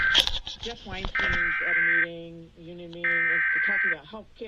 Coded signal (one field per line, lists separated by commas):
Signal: Emergency Alert System (SAME) tones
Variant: header bursts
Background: speech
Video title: NEW CRITERIA FOUND... EAS Alerts from 8/17/24 (EAS #4,787 - 4,821)